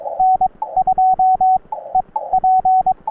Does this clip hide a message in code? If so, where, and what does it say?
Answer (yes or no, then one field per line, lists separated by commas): yes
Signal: Morse code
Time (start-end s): 0.2-2.9 s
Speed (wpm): 22 wpm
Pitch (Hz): 750 Hz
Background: radio noise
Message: N2EP